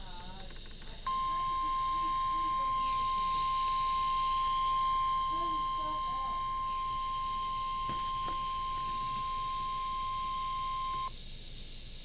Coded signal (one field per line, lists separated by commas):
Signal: Emergency Alert System (SAME) tones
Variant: 1050 Hz attention tone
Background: speech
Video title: NOAA - 3 Flood Warnings (EAS #910 - 912)